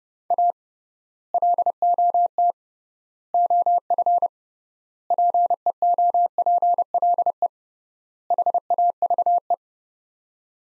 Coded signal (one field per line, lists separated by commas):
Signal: Morse code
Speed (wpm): 30 wpm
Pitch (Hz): 700 Hz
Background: none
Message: A LOT OF PEOPLE HAVE